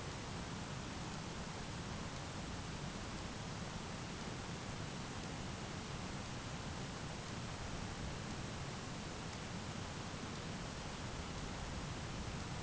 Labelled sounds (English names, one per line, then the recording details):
none
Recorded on Arctic tundra, site ZACK-1, on 12 June 2019
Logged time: 05:49